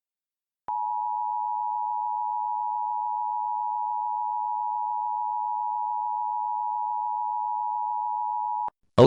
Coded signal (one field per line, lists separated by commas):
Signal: Emergency Alert System (SAME) tones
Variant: 853 and 960 Hz attention tone